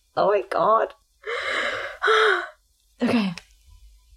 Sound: shaky, deep breath